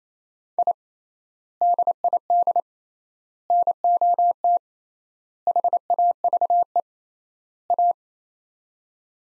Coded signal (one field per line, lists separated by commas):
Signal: Morse code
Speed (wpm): 27 wpm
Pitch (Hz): 700 Hz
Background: none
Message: I DID NOT HAVE A